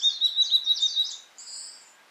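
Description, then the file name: Blue-and-white flycatcher song fragment: a rapid series of high whistled notes ending in a longer sustained phrase. Recorded 18 April 2017 at 11:11. "170418 1111 ooruri"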